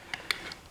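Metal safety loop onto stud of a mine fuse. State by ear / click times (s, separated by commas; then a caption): seated / 0.3 s. A small metal safety loop on the fuse of an inert Soviet TM-62P3 antitank training mine is pressed down on its side until it locks over a stud. Three sharp metallic ticks are heard at about 0.1, 0.3 and 0.7 seconds, with the strongest at 0.3 seconds marking the loop locking into place and making the fuse safe.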